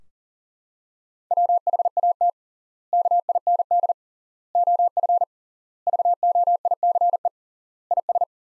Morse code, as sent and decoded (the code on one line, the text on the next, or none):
.-- .... .- - / -.- .. -. -.. / --- ..-. / ...- --- .. -.-. . / .. ...
WHAT KIND OF VOICE IS